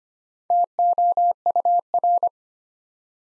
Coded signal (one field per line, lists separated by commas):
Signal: Morse code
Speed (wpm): 25 wpm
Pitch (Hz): 700 Hz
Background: none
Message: TOUR